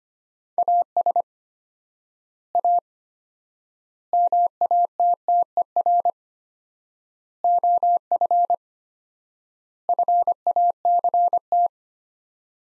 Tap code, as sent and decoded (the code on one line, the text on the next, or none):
none